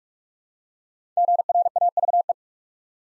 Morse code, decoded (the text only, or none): GRAVE